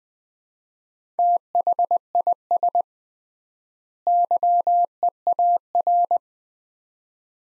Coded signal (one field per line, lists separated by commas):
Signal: Morse code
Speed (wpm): 21 wpm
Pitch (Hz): 700 Hz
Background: none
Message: THIS YEAR